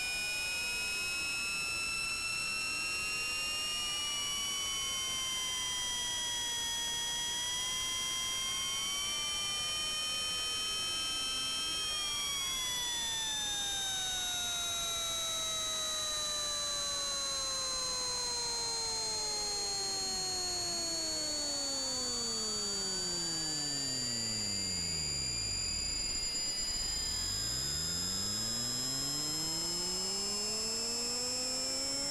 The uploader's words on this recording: EMF Detector experiment 02. I pointed the EMF Detector at the centre of my chest, and then moved it to my heart. I got a digital audio recorder, so this is probably clearer, and louder.